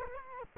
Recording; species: mosquito wingbeat signal from an infrared sensor; Culex quinquefasciatus